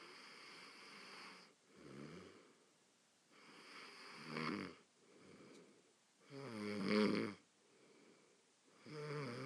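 Rhythmic rattling snores from a sleeping adult, recurring every few seconds, with quieter breathing between them.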